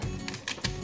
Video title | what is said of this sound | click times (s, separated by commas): JJ Prime REVIEWS: DNA Design DK-20 SS Combiner Upgrade Kits for Studio Series DEVASTATOR! | click in place there we go | 0.3 s, 0.5 s